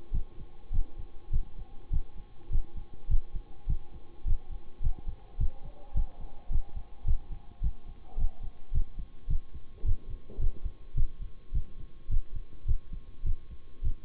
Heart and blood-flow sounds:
heart sounds by stethoscope; between the tricuspid and mitral areas; 105 bpm
0.12 s: heartbeat
0.71 s: heartbeat
1.31 s: heartbeat
1.91 s: heartbeat
2.50 s: heartbeat
3.08 s: heartbeat
3.67 s: heartbeat
4.25 s: heartbeat
4.81 s: heartbeat
5.38 s: heartbeat
5.94 s: heartbeat
6.50 s: heartbeat
7.05 s: heartbeat
7.61 s: heartbeat
8.17 s: heartbeat
8.72 s: heartbeat
9.28 s: heartbeat
9.84 s: heartbeat
10.39 s: heartbeat
10.95 s: heartbeat
11.52 s: heartbeat
12.09 s: heartbeat
12.66 s: heartbeat
13.24 s: heartbeat
13.82 s: heartbeat
From the record:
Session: bicycle stress test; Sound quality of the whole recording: good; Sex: male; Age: 26 years

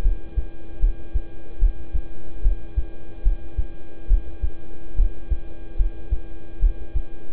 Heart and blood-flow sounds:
heart sounds by stethoscope; between the tricuspid and mitral areas; 73 bpm
0.02 s: heartbeat
0.80 s: heartbeat
1.59 s: heartbeat
2.42 s: heartbeat
3.23 s: heartbeat
4.07 s: heartbeat
4.96 s: heartbeat
5.76 s: heartbeat
6.59 s: heartbeat
From the record:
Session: rest, lying down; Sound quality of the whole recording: good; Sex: male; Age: 26 years

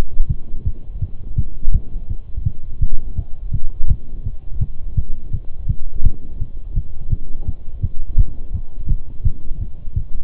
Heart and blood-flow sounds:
heart sounds by stethoscope; between the tricuspid and mitral areas; 168 bpm
0.29 s: heartbeat
0.66 s: heartbeat
1.02 s: heartbeat
1.38 s: heartbeat
1.74 s: heartbeat
2.10 s: heartbeat
2.46 s: heartbeat
2.82 s: heartbeat
3.18 s: heartbeat
3.54 s: heartbeat
3.89 s: heartbeat
4.26 s: heartbeat
4.61 s: heartbeat
4.97 s: heartbeat
5.33 s: heartbeat
5.69 s: heartbeat
6.05 s: heartbeat
6.41 s: heartbeat
6.76 s: heartbeat
7.12 s: heartbeat
7.48 s: heartbeat
7.83 s: heartbeat
8.19 s: heartbeat
8.54 s: heartbeat
8.90 s: heartbeat
9.25 s: heartbeat
9.61 s: heartbeat
9.96 s: heartbeat
From the record:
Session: Bruce protocol treadmill stress test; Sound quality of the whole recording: partially saturated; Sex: male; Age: 23 years

